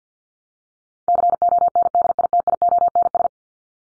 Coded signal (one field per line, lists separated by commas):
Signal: Morse code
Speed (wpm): 50 wpm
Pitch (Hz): 700 Hz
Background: none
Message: CONDITIONS